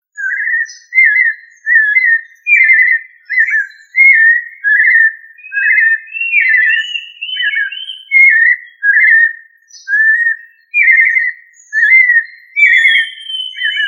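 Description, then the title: Thrush singing rich, fluty whistled phrases, one after another with brief gaps between them. "Familia Turdidae - Sabia"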